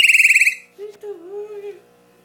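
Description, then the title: Chopi blackbird giving a rapid, ringing trill of about ten notes, followed by a low, wavering whistled note. "Passaro Preto"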